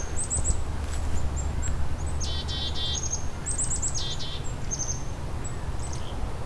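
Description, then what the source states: Black-capped Chickadee calls, high chips and harsh buzzy dee-dee-dee notes, two bursts around the middle, with low background hum. A large group of black-capped chickadees.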